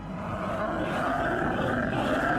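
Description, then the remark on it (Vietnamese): A deep, monstrous roar swells steadily and holds for a couple of seconds, a rough, growling rumble with a dense, gritty texture and no other voices. “Tiếng gầm thét chỉ diễn ra được một lúc, rồi hoàn toàn biến mất.”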